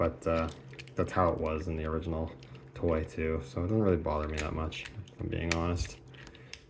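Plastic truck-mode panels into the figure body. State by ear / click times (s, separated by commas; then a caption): seated / 6.5 s. Someone talks while finishing the truck mode of a Transformers Legacy Evolution Commander Class Optimus Prime (Armada Universe) figure, pressing the plastic truck-mode panels together into the figure body. A few faint ticks are followed by a sharp snap at 6.5 s as the parts click into place and seat.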